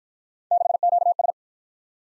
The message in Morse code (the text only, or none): 6QS